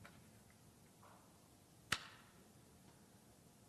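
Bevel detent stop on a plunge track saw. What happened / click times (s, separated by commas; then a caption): The bevel detent snapped into its zero stop / 1.9 s. The bevel of a Festool TS 55 REQ plunge track saw is tilted to -1 degree and lifted back up until its spring-loaded detent catches at the zero stop. Against a quiet background with a faint tick near the start, a single sharp, bright click rings out at 1.9 s. The bevel is seated back at zero.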